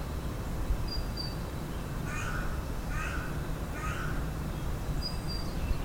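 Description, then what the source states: Bird calls: three short calls about once a second and two thin high whistles over a steady low rumble. Recorded in Blackheath.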